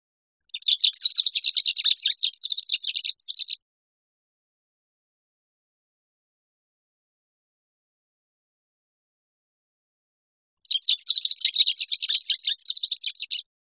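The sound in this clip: Rufous-crowned sparrow giving two bursts of rapid, high, jumbled chattering notes, each about three seconds long, separated by a long silence.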